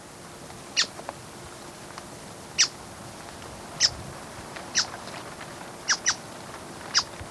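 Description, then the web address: Buff-browed foliage-gleaner giving sharp, short clicking notes at irregular intervals, one or two at a time, over a quiet hiss. Recorded in Ecuador. "Birds of Ecuador. Buff-Browed Foliage-Gleaner"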